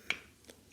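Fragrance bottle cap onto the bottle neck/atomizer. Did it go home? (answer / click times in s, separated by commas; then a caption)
no / none. A cap with a velvety texture is pushed onto the neck and atomizer of a purple fragrance bottle. There is a sharp, bright tap at about 0.1 s and a fainter, duller knock near 0.5 s. The cap does not click into place and sits snugly by friction alone.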